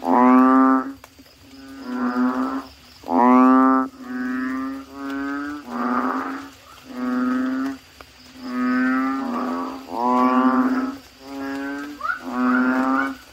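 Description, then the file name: Asian common toad chorus, repeated humming croaks of varying length, several animals calling back and forth with little pause. "suara kodok bangkong"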